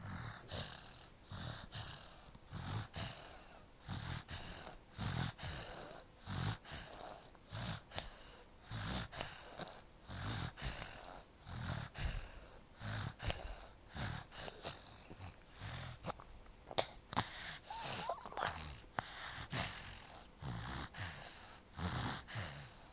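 An adult snoring during sleep, with frequent, irregular noisy breaths.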